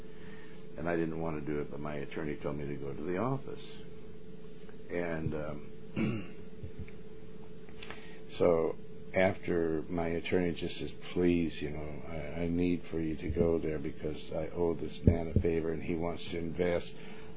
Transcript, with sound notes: And I didn't want to do it, but my attorney told me to go to the office. And, um (clears throat) , so after... my attorney just says, "Please," you know, "I, I need for you to go there because I owe this man a favor and he wants to invest."